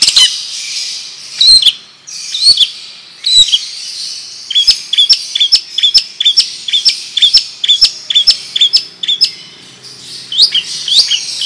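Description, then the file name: Long-tailed shrike song, scratchy warbling that becomes a long run of evenly repeated sharp chirps, roughly three per second, then more varied notes. Song in the Indonesian 'ngerol panjang' style, a long continuous rolling song; bird described as gacor, singing profusely. "Burung Cendet Ngerol Panjang Gacor"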